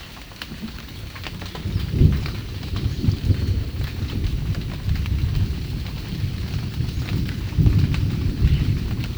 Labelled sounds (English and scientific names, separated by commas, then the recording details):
none
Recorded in secondary vegetation near Puerto Asís, Putumayo, Colombia, on 9 March 2025 at 12:00
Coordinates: 0.498, -76.327
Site G001